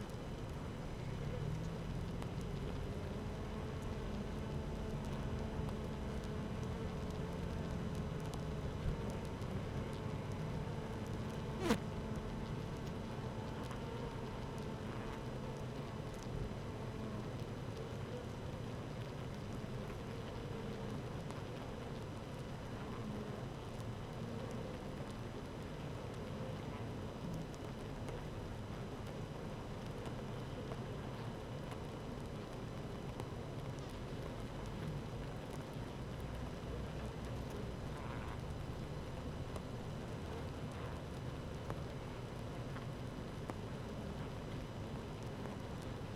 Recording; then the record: honeybee colony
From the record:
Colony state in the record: active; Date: 12 June 2018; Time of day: 15:07